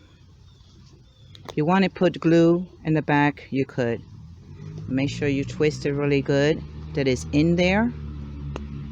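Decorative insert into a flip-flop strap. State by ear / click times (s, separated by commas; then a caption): seated / 8.6 s. A decorative piece is twisted and pushed into a flip-flop strap while someone talks, with a low hum underneath throughout. It pops into place with a short, sharp click at 8.6 s, seated in the strap.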